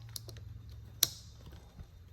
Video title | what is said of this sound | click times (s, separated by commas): Traveling with a Backfire electric skateboard | And then see how it relocks? | 1.0 s